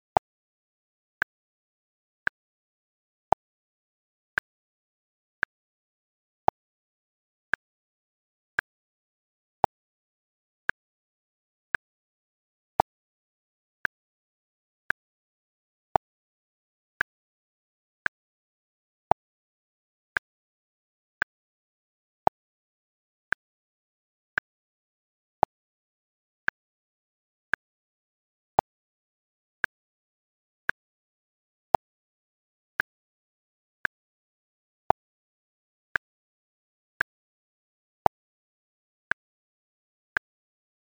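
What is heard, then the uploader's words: A metronome clicks at a slow, steady 57 beats per minute in three-four time, sharp dry ticks spaced evenly across the whole stretch. Every third click lands a bit louder as the accent. Between ticks there is complete silence, with no other sounds. 3-Hour Metronome at 57 BPM • 3/4.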